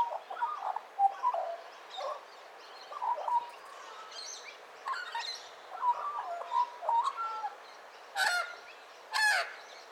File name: Australian Magpie Gymnorhina Tibicen Carroling